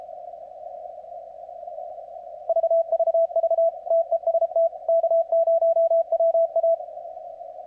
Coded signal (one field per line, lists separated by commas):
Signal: Morse code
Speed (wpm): 31 wpm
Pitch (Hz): 660 Hz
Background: radio noise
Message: VVV TEST K0WA